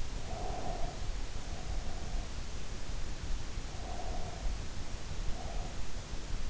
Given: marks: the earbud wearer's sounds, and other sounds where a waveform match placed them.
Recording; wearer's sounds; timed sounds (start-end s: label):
sounds in sleep by an in-ear microphone; breath
0.00-1.35 s: breath
3.45-5.75 s: breath